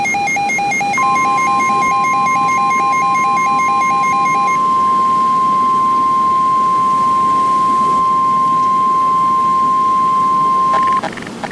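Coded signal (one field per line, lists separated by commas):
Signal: Emergency Alert System (SAME) tones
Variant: 1050 Hz attention tone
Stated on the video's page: Recreation of a fictional EAS scenario.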